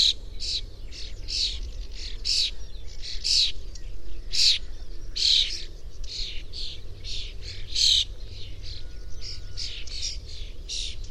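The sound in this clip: Bird calls: short bright chirps repeated rapidly, roughly two or three a second, with some louder notes among softer ones over a steady low rumble.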